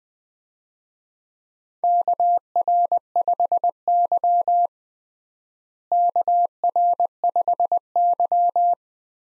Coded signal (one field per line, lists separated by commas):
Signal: Morse code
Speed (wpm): 20 wpm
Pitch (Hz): 700 Hz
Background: none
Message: KR5Y KR5Y